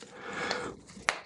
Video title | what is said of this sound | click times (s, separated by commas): Pagani Design PD-1690 Oyster Perpetual Homage Silver Dial Watch Review - Art of the Dial | as you need it and snaps back in place | 1.1 s